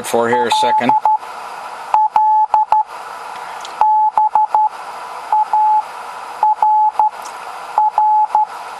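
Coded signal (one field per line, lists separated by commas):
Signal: Morse code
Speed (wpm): 12 wpm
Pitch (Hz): 860 Hz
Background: speech, radio noise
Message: L L B A R R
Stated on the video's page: Homebuilt 20 meter 3 watt QRP transceiver housed in a wooden box.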